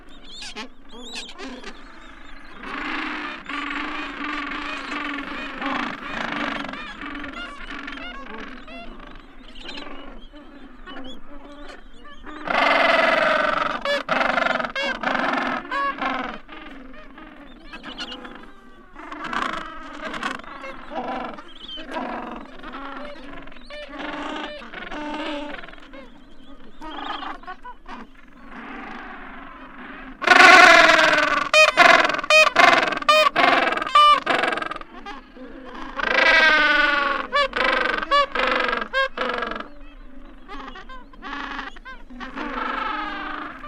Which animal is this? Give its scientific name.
Pygoscelis papua